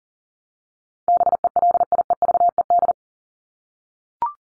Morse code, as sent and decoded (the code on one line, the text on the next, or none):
-... . .-.. .. . ...- . -..
BELIEVED